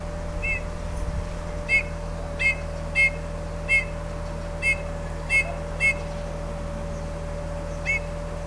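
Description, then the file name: Eurasian bullfinch giving several short, soft piping whistled notes, single and irregularly spaced, over a steady low mechanical hum. "Pyrrhula pyrrhula"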